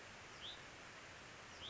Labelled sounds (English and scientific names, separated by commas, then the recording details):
Hutton's Vireo (Vireo huttoni)
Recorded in Sonoma County, California